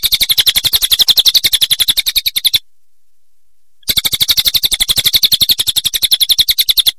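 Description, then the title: Songbird giving a fast, high, buzzy trill of evenly repeated notes, broken by a silent pause of over a second. Songbird song used for training songbirds. "Masteran Burung"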